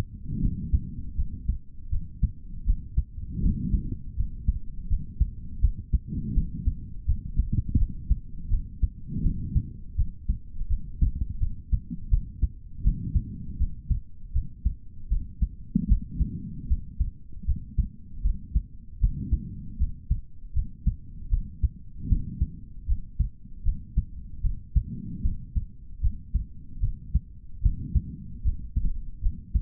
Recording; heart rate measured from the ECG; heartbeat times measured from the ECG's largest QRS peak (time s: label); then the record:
heart sounds by stethoscope; 79 bpm
0.40 s: heartbeat
1.16 s: heartbeat
1.90 s: heartbeat
2.65 s: heartbeat
3.41 s: heartbeat
4.16 s: heartbeat
4.88 s: heartbeat
5.60 s: heartbeat
6.33 s: heartbeat
7.05 s: heartbeat
7.77 s: heartbeat
8.49 s: heartbeat
9.22 s: heartbeat
9.96 s: heartbeat
10.68 s: heartbeat
11.39 s: heartbeat
12.09 s: heartbeat
12.82 s: heartbeat
13.58 s: heartbeat
14.32 s: heartbeat
15.09 s: heartbeat
15.87 s: heartbeat
16.68 s: heartbeat
17.45 s: heartbeat
18.22 s: heartbeat
18.99 s: heartbeat
19.78 s: heartbeat
20.53 s: heartbeat
21.29 s: heartbeat
22.07 s: heartbeat
22.86 s: heartbeat
23.63 s: heartbeat
24.42 s: heartbeat
25.22 s: heartbeat
26.01 s: heartbeat
26.80 s: heartbeat
27.61 s: heartbeat
28.43 s: heartbeat
29.21 s: heartbeat
From the record:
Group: healthy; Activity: rest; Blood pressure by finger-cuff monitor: 131/71 mmHg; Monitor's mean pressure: 90 mmHg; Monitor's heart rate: 80 bpm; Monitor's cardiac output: 4.8 L/min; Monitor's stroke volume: 60 mL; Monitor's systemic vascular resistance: 1370 dyn s/cm5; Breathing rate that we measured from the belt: 20 breaths a minute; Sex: male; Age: 55 years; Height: 167 cm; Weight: 57.2 kg